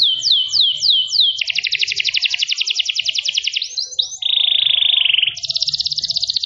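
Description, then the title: Canary song opening with three downward-sweeping notes, then long rapid trills, a few quick chirps, a steady rattling tone, and another high trill. Canary singing a long cengkok song in a fine, special style. "Cengkok Kenari Mewah. Kenari mewah durasi panjang. Cengkok enak gaya istimewa"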